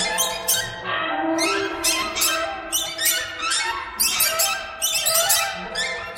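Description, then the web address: Birds giving raspy, squeaky squawks in quick overlapping bursts, several callers mixing into a steady noisy chatter. "soundfactory birds"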